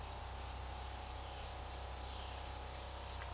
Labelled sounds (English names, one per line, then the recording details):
Violaceous Jay
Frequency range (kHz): Violaceous Jay 1.6-4.3 kHz
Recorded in secondary vegetation near Puerto Asís, Putumayo, Colombia, on 21 February 2024 at 15:00
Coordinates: 0.489, -76.322
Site G6419